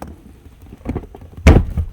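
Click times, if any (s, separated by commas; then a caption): 1.5 s. A Genesis sedan's rear seat bottom cushion is pulled up on the passenger side, with the work done to replace the rear deck sub, and a few soft rustles and knocks come first around 0.9–1.0 s. At 1.5 s the cushion's retaining clip releases from the car floor retainer with one sharp, loud pop, followed by a fainter knock at 1.8 s. The clip comes out even though this side was expected to be harder.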